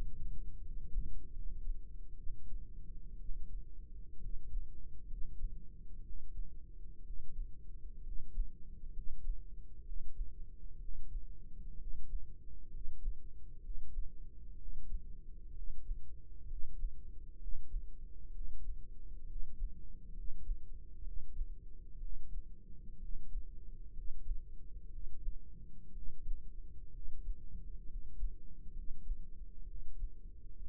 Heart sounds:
heart sounds by microphone in the right ear; 64 bpm
0.60 s: heartbeat
1.32 s: heartbeat
2.16 s: heartbeat
3.18 s: heartbeat
4.19 s: heartbeat
5.06 s: heartbeat
6.02 s: heartbeat
7.02 s: heartbeat
8.01 s: heartbeat
8.91 s: heartbeat
9.82 s: heartbeat
10.77 s: heartbeat
11.76 s: heartbeat
12.69 s: heartbeat
13.59 s: heartbeat
14.55 s: heartbeat
15.52 s: heartbeat
16.46 s: heartbeat
17.37 s: heartbeat
18.29 s: heartbeat
19.24 s: heartbeat
20.12 s: heartbeat
21.01 s: heartbeat
21.98 s: heartbeat
22.97 s: heartbeat
23.91 s: heartbeat
24.88 s: heartbeat
25.91 s: heartbeat
26.90 s: heartbeat
27.84 s: heartbeat
28.71 s: heartbeat
29.64 s: heartbeat
30.57 s: heartbeat
From the record:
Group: healthy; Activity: rest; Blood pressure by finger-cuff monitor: 117/65 mmHg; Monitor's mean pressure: 77 mmHg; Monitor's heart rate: 63 bpm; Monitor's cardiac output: 5 L/min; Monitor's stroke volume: 78 mL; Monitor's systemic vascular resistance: 1150 dyn s/cm5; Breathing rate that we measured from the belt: 15 breaths a minute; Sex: male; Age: 20 years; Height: 167 cm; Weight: 61 kg

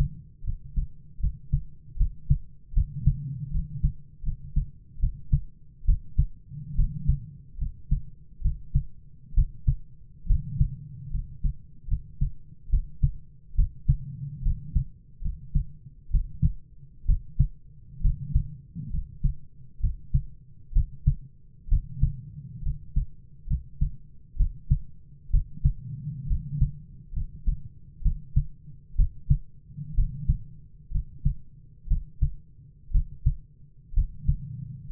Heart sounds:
heart sounds by stethoscope; 68 bpm
0.43 s: heartbeat
1.19 s: heartbeat
1.96 s: heartbeat
2.72 s: heartbeat
3.50 s: heartbeat
4.22 s: heartbeat
4.99 s: heartbeat
5.84 s: heartbeat
6.74 s: heartbeat
7.57 s: heartbeat
8.41 s: heartbeat
9.33 s: heartbeat
10.26 s: heartbeat
11.10 s: heartbeat
11.87 s: heartbeat
12.69 s: heartbeat
13.54 s: heartbeat
14.41 s: heartbeat
15.21 s: heartbeat
16.10 s: heartbeat
17.05 s: heartbeat
18.00 s: heartbeat
18.89 s: heartbeat
19.79 s: heartbeat
20.72 s: heartbeat
21.67 s: heartbeat
22.61 s: heartbeat
23.46 s: heartbeat
24.36 s: heartbeat
25.29 s: heartbeat
26.26 s: heartbeat
27.12 s: heartbeat
28.01 s: heartbeat
28.95 s: heartbeat
29.94 s: heartbeat
30.90 s: heartbeat
31.87 s: heartbeat
32.90 s: heartbeat
33.93 s: heartbeat
34.88 s: heartbeat
From the record:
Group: healthy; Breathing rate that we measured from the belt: 16 breaths a minute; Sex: male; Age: 22 years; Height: 185 cm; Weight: 112.4 kg

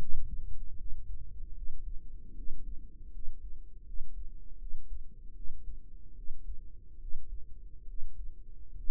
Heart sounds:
heart sounds by microphone in the right ear; 75 bpm
0.75 s: heartbeat
1.52 s: heartbeat
2.32 s: heartbeat
3.09 s: heartbeat
3.83 s: heartbeat
4.56 s: heartbeat
5.32 s: heartbeat
6.13 s: heartbeat
6.97 s: heartbeat
7.84 s: heartbeat
8.73 s: heartbeat
From the record:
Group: healthy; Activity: rest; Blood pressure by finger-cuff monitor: 113/58 mmHg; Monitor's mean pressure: 72 mmHg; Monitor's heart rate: 78 bpm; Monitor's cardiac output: 6.1 L/min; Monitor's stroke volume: 79 mL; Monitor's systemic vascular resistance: 840 dyn s/cm5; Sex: female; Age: 32 years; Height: 168 cm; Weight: 61.9 kg

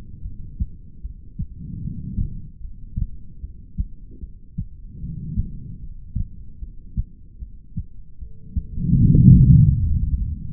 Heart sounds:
heart sounds by stethoscope; 75 bpm
0.22 s: heartbeat
1.01 s: heartbeat
1.81 s: heartbeat
2.61 s: heartbeat
3.41 s: heartbeat
4.20 s: heartbeat
5.00 s: heartbeat
5.80 s: heartbeat
6.59 s: heartbeat
7.39 s: heartbeat
8.19 s: heartbeat
8.98 s: heartbeat
9.79 s: heartbeat
From the record:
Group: heart failure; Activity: rest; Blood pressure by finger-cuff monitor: 101/74 mmHg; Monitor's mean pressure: 85 mmHg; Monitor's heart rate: 75 bpm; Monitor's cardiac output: 4.5 L/min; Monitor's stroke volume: 60 mL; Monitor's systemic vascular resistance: 1360 dyn s/cm5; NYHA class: 2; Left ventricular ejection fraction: 58%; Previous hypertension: present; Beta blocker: bisoprolol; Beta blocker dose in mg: 5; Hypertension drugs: ramipril, spironolactone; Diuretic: furosemide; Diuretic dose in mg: 160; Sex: female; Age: 55 years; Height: 155 cm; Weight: 67 kg

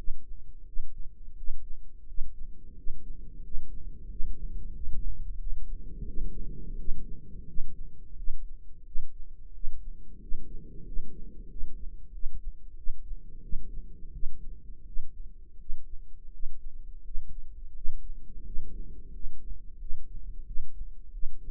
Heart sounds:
heart sounds by microphone in the right ear; 88 bpm
0.63 s: heartbeat
1.34 s: heartbeat
2.04 s: heartbeat
2.73 s: heartbeat
3.40 s: heartbeat
4.06 s: heartbeat
4.72 s: heartbeat
5.36 s: heartbeat
6.03 s: heartbeat
6.75 s: heartbeat
7.44 s: heartbeat
8.14 s: heartbeat
8.83 s: heartbeat
9.51 s: heartbeat
10.18 s: heartbeat
10.83 s: heartbeat
11.47 s: heartbeat
12.10 s: heartbeat
12.74 s: heartbeat
13.40 s: heartbeat
14.10 s: heartbeat
14.83 s: heartbeat
15.56 s: heartbeat
16.29 s: heartbeat
17.01 s: heartbeat
17.72 s: heartbeat
18.42 s: heartbeat
19.10 s: heartbeat
19.77 s: heartbeat
20.44 s: heartbeat
21.10 s: heartbeat
From the record:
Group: healthy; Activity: rest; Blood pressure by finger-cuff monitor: 120/80 mmHg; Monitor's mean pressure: 92 mmHg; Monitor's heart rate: 88 bpm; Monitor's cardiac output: 7.2 L/min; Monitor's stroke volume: 83 mL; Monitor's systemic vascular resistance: 930 dyn s/cm5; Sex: male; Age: 33 years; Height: 179 cm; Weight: 80.4 kg

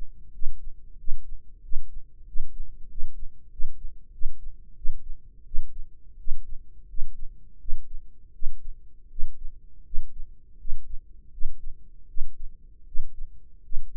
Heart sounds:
heart sounds by microphone in the right ear; 86 bpm
0.32 s: heartbeat
0.97 s: heartbeat
1.61 s: heartbeat
2.25 s: heartbeat
2.88 s: heartbeat
3.49 s: heartbeat
4.11 s: heartbeat
4.74 s: heartbeat
5.44 s: heartbeat
6.17 s: heartbeat
6.87 s: heartbeat
7.58 s: heartbeat
8.32 s: heartbeat
9.08 s: heartbeat
9.83 s: heartbeat
10.57 s: heartbeat
11.30 s: heartbeat
12.07 s: heartbeat
12.85 s: heartbeat
13.62 s: heartbeat
From the record:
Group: healthy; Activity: cold pressor test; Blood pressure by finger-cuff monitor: 148/85 mmHg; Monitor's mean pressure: 103 mmHg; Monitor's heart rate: 81 bpm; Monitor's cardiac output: 6.9 L/min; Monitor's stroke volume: 83 mL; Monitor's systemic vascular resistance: 1100 dyn s/cm5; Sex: male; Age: 21 years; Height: 180 cm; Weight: 67.5 kg

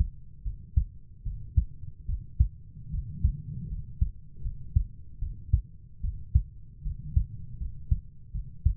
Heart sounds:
heart sounds by stethoscope; 76 bpm
0.44 s: heartbeat
1.24 s: heartbeat
2.07 s: heartbeat
2.92 s: heartbeat
3.69 s: heartbeat
4.43 s: heartbeat
5.20 s: heartbeat
6.02 s: heartbeat
6.84 s: heartbeat
7.59 s: heartbeat
8.33 s: heartbeat
From the record:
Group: healthy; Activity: cold pressor test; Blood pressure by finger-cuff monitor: 100/47 mmHg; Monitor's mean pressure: 67 mmHg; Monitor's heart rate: 76 bpm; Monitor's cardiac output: 8.2 L/min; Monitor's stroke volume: 110 mL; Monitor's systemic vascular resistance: 580 dyn s/cm5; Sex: female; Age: 22 years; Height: 160 cm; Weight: 63 kg

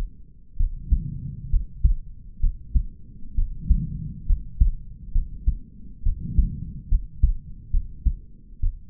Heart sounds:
heart sounds by stethoscope; 67 bpm
0.57 s: heartbeat
1.50 s: heartbeat
2.40 s: heartbeat
3.35 s: heartbeat
4.26 s: heartbeat
5.12 s: heartbeat
6.03 s: heartbeat
6.88 s: heartbeat
7.71 s: heartbeat
8.60 s: heartbeat
From the record:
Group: healthy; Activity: rest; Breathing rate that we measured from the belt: 23 breaths a minute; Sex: male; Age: 20 years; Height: 187 cm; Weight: 68.9 kg

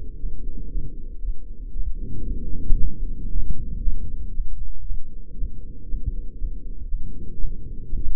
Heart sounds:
heart sounds by microphone in the right ear; 117 bpm
0.16 s: heartbeat
0.68 s: heartbeat
1.19 s: heartbeat
1.70 s: heartbeat
2.21 s: heartbeat
2.74 s: heartbeat
3.26 s: heartbeat
3.78 s: heartbeat
4.30 s: heartbeat
4.82 s: heartbeat
5.33 s: heartbeat
5.84 s: heartbeat
6.35 s: heartbeat
6.85 s: heartbeat
7.35 s: heartbeat
7.85 s: heartbeat
From the record:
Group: healthy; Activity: rest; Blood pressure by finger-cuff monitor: 140/67 mmHg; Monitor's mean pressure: 87 mmHg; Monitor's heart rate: 116 bpm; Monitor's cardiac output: 12.9 L/min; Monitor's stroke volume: 112 mL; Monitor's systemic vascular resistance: 470 dyn s/cm5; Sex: male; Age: 24 years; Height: 184 cm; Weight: 89 kg

